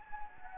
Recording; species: mosquito wingbeat signal from an infrared sensor; Anopheles gambiae